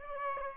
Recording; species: mosquito wingbeat signal from an infrared sensor; Aedes aegypti